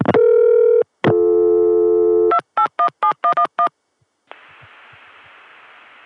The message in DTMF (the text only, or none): 2817111